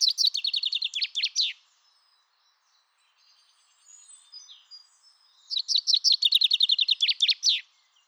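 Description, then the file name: Common chaffinch singing: one rapid falling trill, already under way when the recording begins, then after quieter chirps a second full descending phrase of crisp notes finishes with a sharp terminal flourish. "Fringilla coelebs"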